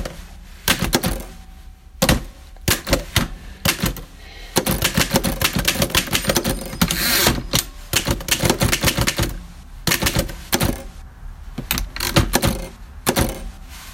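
Typing a letter on a typewriter, with sharp mechanical key strikes in uneven bursts. A dense, rapid run of keystrokes fills the middle, with short pauses near the start, around nine seconds and toward the end. A faint steady hum sits underneath.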